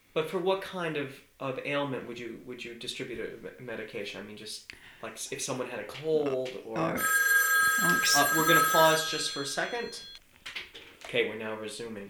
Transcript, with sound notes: But for what kind of, of ailment would you distribute a medication? I mean, just like if someone had a cold or,, (a telephone rings in the background) uh, we're going to pause just for a second... Okay, we're now resuming.